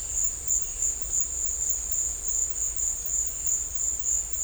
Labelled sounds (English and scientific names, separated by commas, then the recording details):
none
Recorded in dense forest near Puerto Asís, Putumayo, Colombia, on 16 December 2024 at 16:30
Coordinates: 0.500, -76.322
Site G053